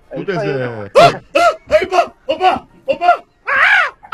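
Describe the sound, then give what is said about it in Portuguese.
A person imitates a macaw on a radio show: a long wavering cry, then about seven short, loud, raspy squawks in quick, uneven succession. “É uma arara, igualzinho.”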